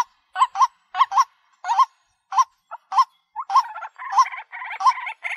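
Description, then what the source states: White-breasted waterhen calling: harsh, nasal notes with a rising upturn, given in pairs and singly, then merging into a denser, overlapping run near the end. Calling in the daytime.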